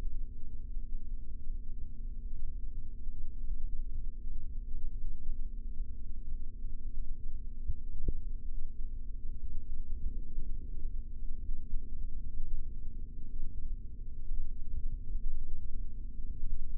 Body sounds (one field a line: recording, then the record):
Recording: forearm muscle sounds (acoustic myography)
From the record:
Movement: rest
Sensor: system 3, bracelet of six PUI Audio POM-2738L microphones around the upper forearm, with dedicated amplification and filtering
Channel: 4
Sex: male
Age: 26 years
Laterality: right